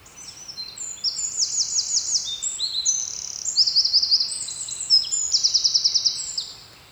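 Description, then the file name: Eurasian wren song, a torrent of shrill, rapid notes broken by several fast mechanical trills, continuing almost without pause for several seconds. "Troglodytes troglodytes"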